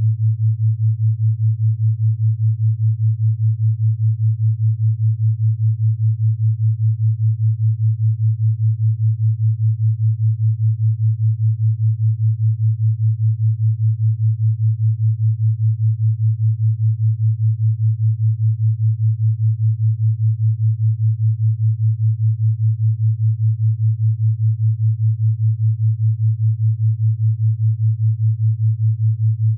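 A pure, low tone hums without change for the whole clip, sitting in a narrow band near the bottom with nothing above it. Loudness holds level, with a fine, rapid regular flutter throughout. No other sounds appear in the background.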